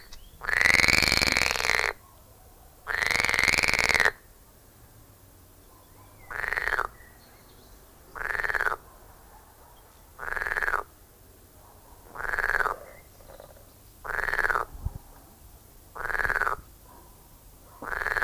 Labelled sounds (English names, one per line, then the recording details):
Edible Frog
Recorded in the wild
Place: Lübars, Benekendorffstraße, Berlin, DE
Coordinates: 52.6167, 13.3469
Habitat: Gartenteich
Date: 2000-06-10 21:46
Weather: heiter, 25°C
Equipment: Marantz CP 430, Sennheiser ME 80, Kopie Uher 4000 Report Monitor
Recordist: Tembrock, Günter